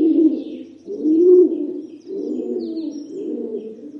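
Rock pigeon with deep, moaning coos that swell and fade, running almost without a break for several seconds.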